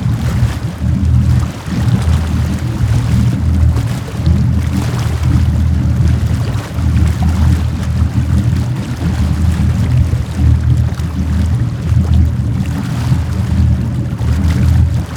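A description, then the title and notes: A patrol boat's engine drones steadily throughout, a deep, heavy rumble that barely changes in strength. Over it runs a constant rough wash of water and hull noise, with brief dips near two and seven seconds. Patrol Boat on Duty.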